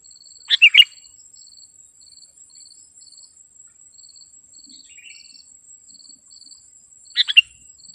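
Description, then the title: Sooty-headed bulbul song, two short bubbly phrases about seven seconds apart, with a high insect hum and soft repeated insect chirps between. "kutilang"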